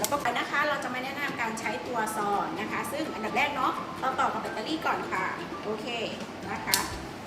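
A battery pack is handled at the back of a surgical saw handpiece, about to be pressed on, while someone talks throughout. Faint handling noises sit under the voice. Nothing has seated or clicked yet.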